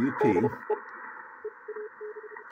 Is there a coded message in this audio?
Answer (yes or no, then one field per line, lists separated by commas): yes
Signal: Morse code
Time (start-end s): 0.2-2.3 s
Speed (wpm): 31 wpm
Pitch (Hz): 430 Hz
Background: speech, radio noise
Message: DE EAD